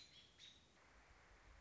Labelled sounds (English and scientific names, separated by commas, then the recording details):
American Robin (Turdus migratorius)
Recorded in Sonoma County, California